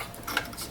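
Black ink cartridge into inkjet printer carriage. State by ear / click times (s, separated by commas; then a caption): seated / 0.4 s. An XL black plastic ink cartridge is pushed into its double-width slot in the printhead carriage of an HP Officejet 6700 Premium inkjet printer. A faint tick and a short sliding rub come first, then a sharp, bright click at 0.4 s. The cartridge seats and stays in place.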